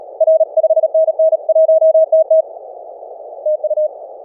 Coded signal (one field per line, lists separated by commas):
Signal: Morse code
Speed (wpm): 37 wpm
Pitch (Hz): 620 Hz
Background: none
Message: R 5NN 1TT TU